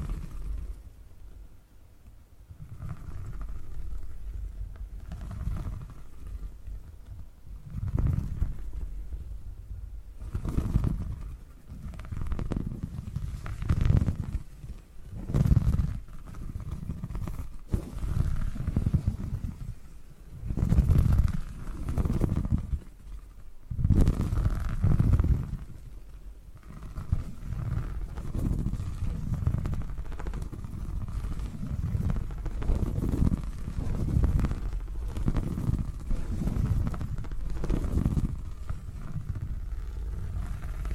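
Purring rumbles low and continuous through the whole stretch, swelling and fading in uneven pulses roughly every second or two. The loudest surges cluster between about 10 and 26 seconds, with occasional brighter rustling bursts rising above the deep, soft drone.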